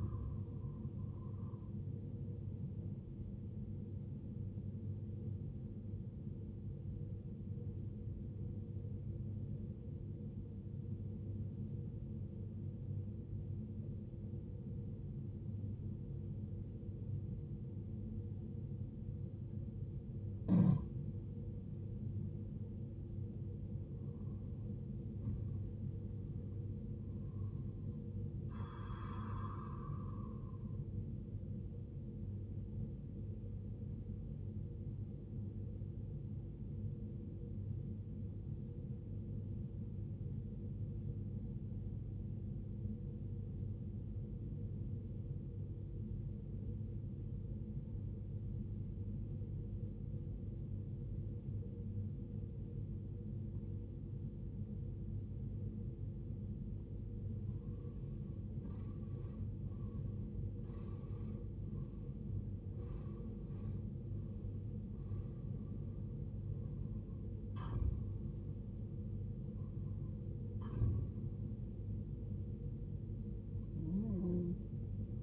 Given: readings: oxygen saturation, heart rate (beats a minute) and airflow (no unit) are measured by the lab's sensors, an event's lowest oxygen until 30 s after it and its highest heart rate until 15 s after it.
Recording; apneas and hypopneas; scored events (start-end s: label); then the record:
breathing in sleep by a smartphone at the bedside; 2
1.00-31.00 s: new sleep stage, N1 (lightest sleep)
8.00-23.00 s: obstructive apnea (N1, oxygen 91% highest, then 90% lowest, heart rate 57 at the start, 70 highest)
31.00-61.00 s: new sleep stage, N2 (light sleep)
37.00-57.70 s: obstructive apnea (N2, oxygen 94% highest, then 84% lowest, heart rate 62 at the start, 77 highest)
61.00-75.23 s: new sleep stage, N1 (lightest sleep)
From the record:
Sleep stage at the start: N2 (light sleep); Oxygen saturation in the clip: 79 to 94%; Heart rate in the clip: 54 to 77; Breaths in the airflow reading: 9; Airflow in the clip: -15.8 to 16.4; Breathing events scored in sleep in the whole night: 389 in 6.3 hours asleep